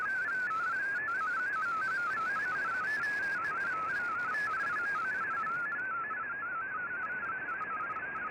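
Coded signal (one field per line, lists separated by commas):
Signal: multi-tone FSK (Olivia or MFSK type)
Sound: rapid warbling single tone hopping between pitches, like fast burbling whistles, continuous over hiss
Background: radio static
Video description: Here is my decode of the Shortwave Radiogram broadcast today on 15770Khz shortwave radio at 1330UTC in MFSK32 and 64 with 9 SSTV images.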